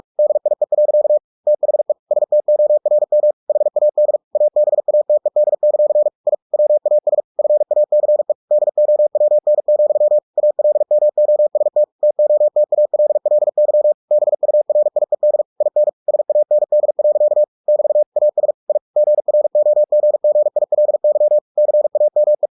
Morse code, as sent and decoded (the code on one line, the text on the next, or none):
-.. .. . .-.-.- / - .... . / ... - --- .-. -- / .... .- -.. / .- -... .- - . -.. -.-.-. / .. / .-- .- ... / ..-. .- -.-. . / -.. --- .-- -. --..-- / .- .-.. -- --- ... - / - --- - .- .-.. .-.. -.-- / -... ..- .-. .. . -.. / .. -. / ... .- -. -.. .-.-.- / -...- / .- ... / .. / --. .-. --- --. --. .. .-.. -.-- / -.-. .- -- .
DIE. THE STORM HAD ABATED; I WAS FACE DOWN, ALMOST TOTALLY BURIED IN SAND. <BT> AS I GROGGILY CAME